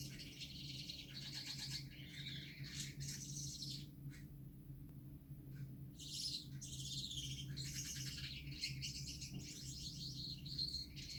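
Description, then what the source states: Gouldian finch song of faint high wheezes and chirps, broken by a short gap, with a persistent low hum throughout. Male singing.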